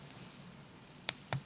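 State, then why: Seated. A one-by-two plastic toy brick is pressed onto a brick model and snaps into place with a sharp click at 1.1 seconds. A second, slightly softer click with a low thump follows at 1.3 seconds over a quiet background.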